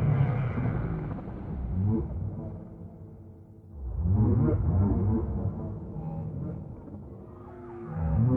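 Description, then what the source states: Whale song with swooping moans that rise and fall, several upsweeping cries overlapping, fading down midway and then swelling again over low rumbling. A chorus of whales.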